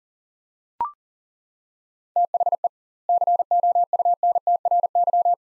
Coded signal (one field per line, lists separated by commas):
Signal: Morse code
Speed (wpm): 40 wpm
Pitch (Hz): 700 Hz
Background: none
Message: THE COUNTRY